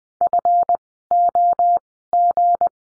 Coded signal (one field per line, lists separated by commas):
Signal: Morse code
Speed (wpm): 20 wpm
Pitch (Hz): 700 Hz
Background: none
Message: FOG